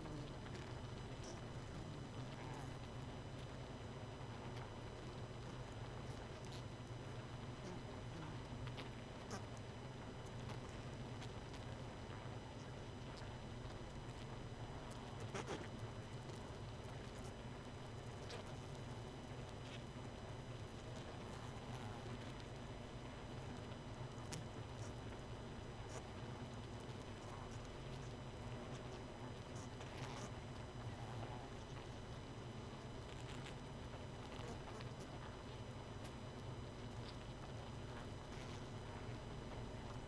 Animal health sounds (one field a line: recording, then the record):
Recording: honeybee colony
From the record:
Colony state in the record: missing queen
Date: 31 May 2018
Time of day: 22:13